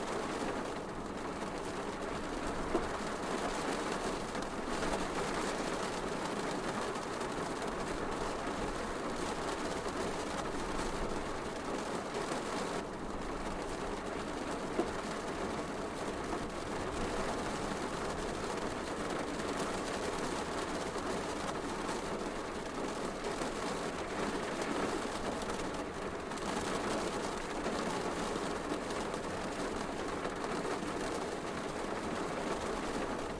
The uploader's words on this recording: Gentle Rain Tapping on the Window of a Cozy Country Bedroom.